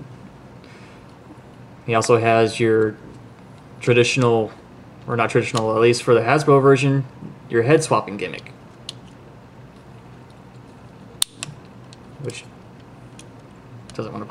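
Someone talks while pressing the swappable plastic head into the head mechanism in the torso of a transforming robot toy, a Masterpiece Hot Rod/Rodimus Prime figure. After the talking, a few sharp plastic ticks and taps are heard, the loudest near 11.2 s. The head does not pop into place, and nothing has seated or clicked yet.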